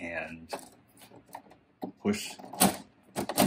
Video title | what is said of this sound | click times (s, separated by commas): How to Clean Coils in Portable Air Conditioner | it pops right in and you're ready | 2.6 s